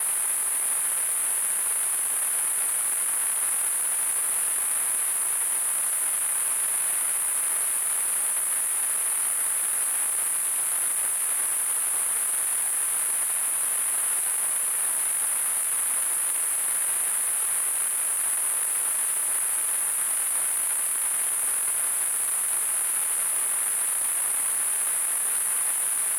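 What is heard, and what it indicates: Steady, unchanging high-pitched hiss with a narrow, very high ringing band, simulating tinnitus heard as constant ringing in the ears.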